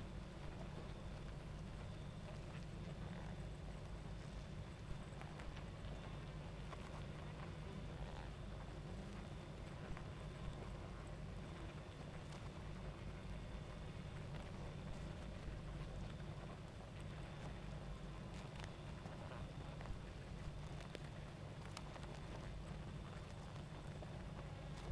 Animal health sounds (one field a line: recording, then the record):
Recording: honeybee colony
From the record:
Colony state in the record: active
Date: 28 July 2017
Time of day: 22:57